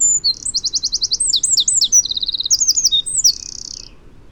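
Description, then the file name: Eurasian wren delivering a high, energetic song of quick repeated trills and sharp slurred notes, closing with a buzzy sustained reel that fades. "Troglodytes troglodytes"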